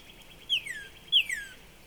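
Northern Cardinal song: two loud, clear whistles, each starting high and sliding steeply down, spaced about two-thirds of a second apart, against a faint steady hiss.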